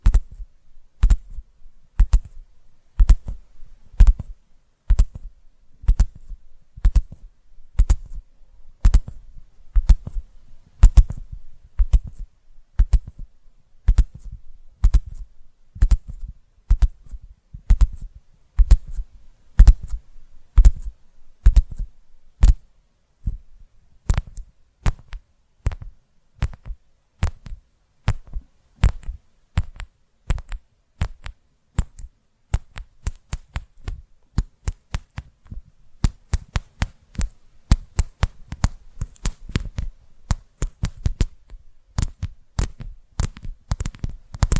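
Sharp tapping in quick, steady bursts of sharp hits, bright and clicky with a dull low thump, speeding into denser clusters after twenty-five seconds.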